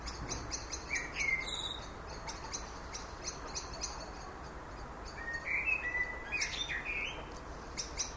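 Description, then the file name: Common blackbird with a short whistled note early, then a longer mellow warbling phrase of stepped whistles, while quick ticks sound throughout. "Turdus merula"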